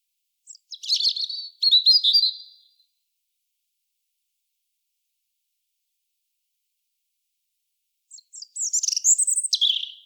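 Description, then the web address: European robin singing two rich, rapid phrases of high jumbled notes, falling silent for several seconds, then one more quick twittering phrase. "SETE Erithacus rubecula"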